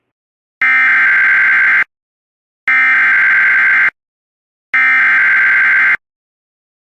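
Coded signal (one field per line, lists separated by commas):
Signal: Emergency Alert System (SAME) tones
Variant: header bursts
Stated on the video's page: Severe thunderstorm warning SAME tones relayed on radio station WJON.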